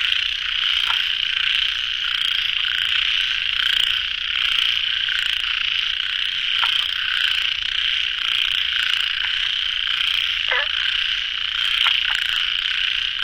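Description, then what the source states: Frogs: many calling at once in an even, shrill trill, with a few short croaks. Frogs at a pond late at night, recorded in the field by the uploader.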